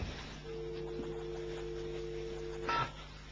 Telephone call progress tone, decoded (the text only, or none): dial tone